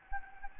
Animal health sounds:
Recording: mosquito wingbeat signal from an infrared sensor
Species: Anopheles gambiae

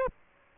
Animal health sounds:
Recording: mosquito wingbeat signal from an infrared sensor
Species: Aedes aegypti

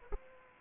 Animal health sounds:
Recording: mosquito wingbeat signal from an infrared sensor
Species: Aedes aegypti

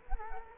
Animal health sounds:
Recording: mosquito wingbeat signal from an infrared sensor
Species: Culex quinquefasciatus

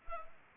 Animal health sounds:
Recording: mosquito wingbeat signal from an infrared sensor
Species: Culex pipiens

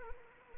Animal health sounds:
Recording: mosquito wingbeat signal from an infrared sensor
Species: Anopheles arabiensis

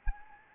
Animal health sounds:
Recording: mosquito wingbeat signal from an infrared sensor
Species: Anopheles arabiensis

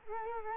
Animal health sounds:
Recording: mosquito wingbeat signal from an infrared sensor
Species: Culex quinquefasciatus

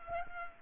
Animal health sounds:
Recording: mosquito wingbeat signal from an infrared sensor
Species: Culex pipiens

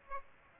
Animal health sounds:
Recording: mosquito wingbeat signal from an infrared sensor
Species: Aedes aegypti

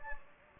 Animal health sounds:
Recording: mosquito wingbeat signal from an infrared sensor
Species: Anopheles gambiae

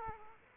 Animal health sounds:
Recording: mosquito wingbeat signal from an infrared sensor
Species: Aedes aegypti

